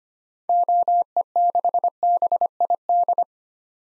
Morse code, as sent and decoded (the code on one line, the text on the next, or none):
--- . -.... -... .. -..
OE6BID